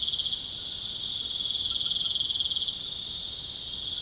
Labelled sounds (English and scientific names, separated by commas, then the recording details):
none
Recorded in pastures near Puerto Asís, Putumayo, Colombia, on 29 June 2025 at 20:00
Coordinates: 0.497, -76.327
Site G040